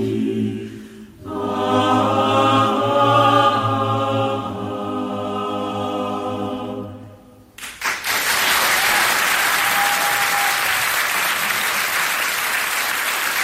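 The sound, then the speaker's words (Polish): Sustained, held musical notes ring out and end abruptly, followed by a steady wash of audience applause that continues loudly and evenly for the last several seconds. “Bardzo Państwu serdecznie dziękujemy za oklaski.”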